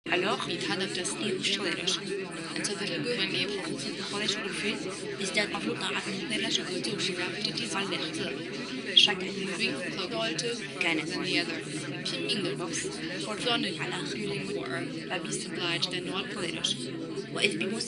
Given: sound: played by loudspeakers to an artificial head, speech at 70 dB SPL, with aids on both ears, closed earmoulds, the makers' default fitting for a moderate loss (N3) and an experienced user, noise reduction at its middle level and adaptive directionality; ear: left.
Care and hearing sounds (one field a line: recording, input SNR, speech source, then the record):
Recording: speech test signal (ISTS) in cocktail-party noise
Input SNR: -6 dB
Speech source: in front (0 degrees)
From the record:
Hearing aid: class 2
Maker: B